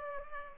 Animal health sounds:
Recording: mosquito wingbeat signal from an infrared sensor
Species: Culex pipiens

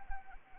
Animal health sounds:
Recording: mosquito wingbeat signal from an infrared sensor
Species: Anopheles arabiensis

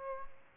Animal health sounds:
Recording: mosquito wingbeat signal from an infrared sensor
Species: Aedes albopictus

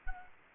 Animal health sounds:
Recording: mosquito wingbeat signal from an infrared sensor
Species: Anopheles gambiae

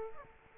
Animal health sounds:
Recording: mosquito wingbeat signal from an infrared sensor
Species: Aedes aegypti

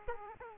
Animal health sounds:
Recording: mosquito wingbeat signal from an infrared sensor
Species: Aedes aegypti

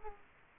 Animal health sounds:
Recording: mosquito wingbeat signal from an infrared sensor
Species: Culex quinquefasciatus

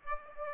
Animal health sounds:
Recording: mosquito wingbeat signal from an infrared sensor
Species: Aedes aegypti

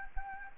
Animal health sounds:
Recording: mosquito wingbeat signal from an infrared sensor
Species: Anopheles arabiensis

